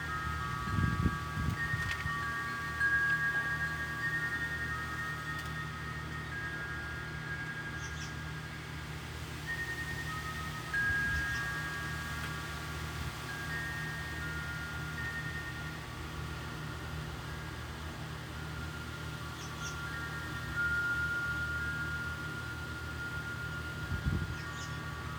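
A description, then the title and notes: Wind chimes ring in overlapping, sustained tones that hang in the air, with a new cluster struck every few seconds. A steady low rush of wind runs underneath throughout, with brief gusty thumps near the start, around ten seconds, and near the end. Wind and Windchims.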